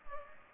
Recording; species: mosquito wingbeat signal from an infrared sensor; Culex pipiens